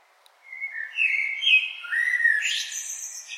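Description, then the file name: Common blackbird song: a mellow whistled phrase with a high, thin squeaky ending. "Turdus merula"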